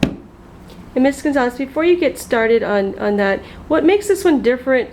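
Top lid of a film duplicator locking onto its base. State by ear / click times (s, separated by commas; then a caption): seated / 0.0 s. The top lid of a film duplicator is closed over film placed emulsion side down on the original, then pressed and locked onto its base. It seats with one sharp click at 0.0 s, and afterward someone talks.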